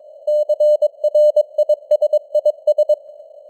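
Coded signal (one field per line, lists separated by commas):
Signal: Morse code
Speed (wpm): 22 wpm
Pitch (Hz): 600 Hz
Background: none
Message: CRISIS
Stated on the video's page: Morse news headlines at 22 wpm with simulated radio noise and varying signal strength (QSB).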